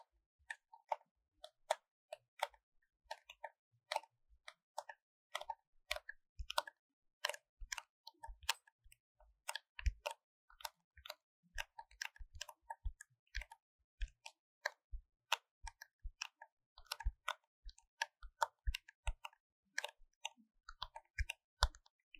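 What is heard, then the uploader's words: Paper cup triggers: a steady stream of short, crisp taps and crinkles on a paper cup, coming several times a second with small uneven gaps. Each tick is sharp and bright, some carrying a soft low thump, over near silence throughout. 紙杯觸發 | Paper Cup triggers | NoTalking.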